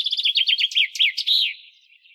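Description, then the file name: Common chaffinch song, loud and clear: a rattling series of descending notes ending in a sharp, emphatic terminal flourish that fades out. "Fringilla coelebs"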